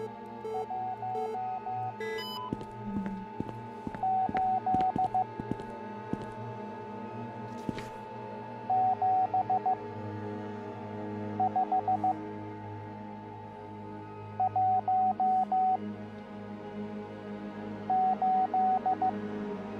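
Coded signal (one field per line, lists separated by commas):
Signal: Morse code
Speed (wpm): 15 wpm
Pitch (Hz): 750 Hz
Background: music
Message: 1 8 7 5 1 8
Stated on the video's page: Morse code in a puzzle-solving escape game.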